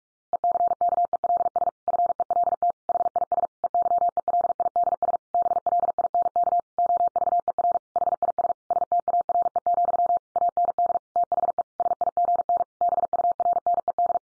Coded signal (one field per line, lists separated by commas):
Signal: Morse code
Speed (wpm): 44 wpm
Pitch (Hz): 700 Hz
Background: none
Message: ECKELS FELT HIS EYELIDS BLINK OVER HIS STARE, AND THE SIGN BURNED